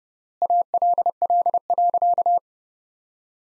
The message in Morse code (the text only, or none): ALL.